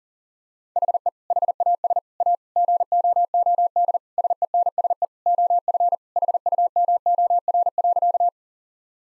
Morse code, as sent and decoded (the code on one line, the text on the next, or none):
.... . / .... .- ... / .- / --. --- --- -.. / ... . -. ... . / --- ..-. / .... ..- -- --- .-. .-.-.-
HE HAS A GOOD SENSE OF HUMOR.